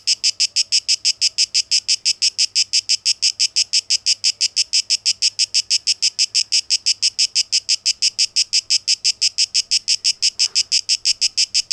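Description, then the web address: Cicada song as a steady series of harsh, high buzzy pulses, evenly spaced, with a faint short click near the end. Tape echo mix of cicadas; recorded 12 August 2023. "rauschpartikel 2023-08-12 Zikaden"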